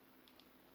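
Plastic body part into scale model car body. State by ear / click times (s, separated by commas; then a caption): not seated / none. A small plastic body part of a 1962 Ford Zephyr scale model is pressed gently, without glue, into its mounting on the model car body to test whether it snaps into place. Against a steady low hum, two faint, brief ticks are heard at about 0.3 s and 0.4 s. Nothing has seated or clicked into place yet.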